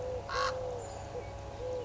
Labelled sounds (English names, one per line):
Eurasian Collared Dove